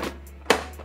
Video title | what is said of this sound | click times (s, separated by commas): TORO 60V Electric Mower Unboxing - Review & Specs | Ooh, that's a nice satisfying click. | 0.5 s